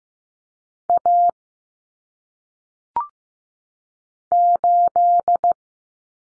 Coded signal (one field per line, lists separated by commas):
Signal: Morse code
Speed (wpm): 15 wpm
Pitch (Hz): 700 Hz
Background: none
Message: A 8